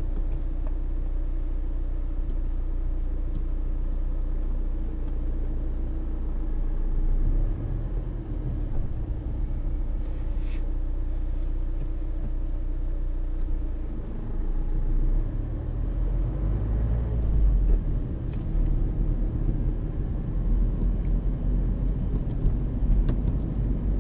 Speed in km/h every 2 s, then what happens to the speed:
0, 0, 6, 10, 1, 0, 0, 13, 18, 19, 22, 22.
0-3 standing. 3-5 pulls away to 10. 8-12 standing. 12-24 pulls away to 22.